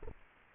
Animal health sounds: mosquito wingbeat signal from an infrared sensor; Aedes aegypti

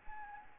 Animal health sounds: mosquito wingbeat signal from an infrared sensor; Anopheles arabiensis

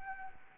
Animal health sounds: mosquito wingbeat signal from an infrared sensor; Anopheles gambiae

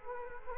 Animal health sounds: mosquito wingbeat signal from an infrared sensor; Culex quinquefasciatus

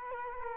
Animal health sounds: mosquito wingbeat signal from an infrared sensor; Culex quinquefasciatus

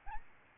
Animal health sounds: mosquito wingbeat signal from an infrared sensor; Aedes albopictus

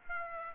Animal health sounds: mosquito wingbeat signal from an infrared sensor; Aedes aegypti

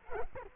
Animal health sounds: mosquito wingbeat signal from an infrared sensor; Culex quinquefasciatus

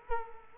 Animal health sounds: mosquito wingbeat signal from an infrared sensor; Culex quinquefasciatus

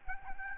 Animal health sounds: mosquito wingbeat signal from an infrared sensor; Aedes albopictus

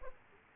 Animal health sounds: mosquito wingbeat signal from an infrared sensor; Aedes aegypti

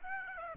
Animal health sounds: mosquito wingbeat signal from an infrared sensor; Aedes aegypti

